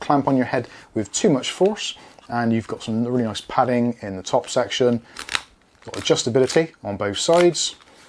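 Someone talks while handling a Baseus Encok D02 Pro Bluetooth headset, sliding the headband extension out on its side adjustment, where a plastic slider in the band adjuster moves toward its detents. Nothing has seated or clicked into place yet by the end of the clip.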